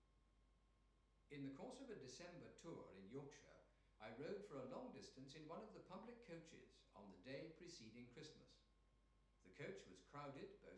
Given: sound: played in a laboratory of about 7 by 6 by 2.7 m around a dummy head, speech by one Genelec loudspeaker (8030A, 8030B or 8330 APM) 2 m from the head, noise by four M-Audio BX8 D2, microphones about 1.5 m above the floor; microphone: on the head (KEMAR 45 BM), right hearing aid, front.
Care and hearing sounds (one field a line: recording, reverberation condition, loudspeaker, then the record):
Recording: male speech in English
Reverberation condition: medium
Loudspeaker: in front (0 degrees)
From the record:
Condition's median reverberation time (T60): about 510 ms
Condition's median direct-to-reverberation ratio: about -0.5 dB